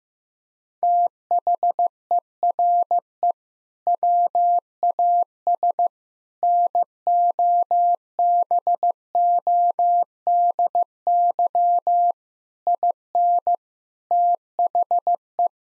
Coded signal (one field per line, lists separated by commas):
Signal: Morse code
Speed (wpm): 15 wpm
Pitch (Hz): 700 Hz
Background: none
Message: THERE WAS NOBODY IN THE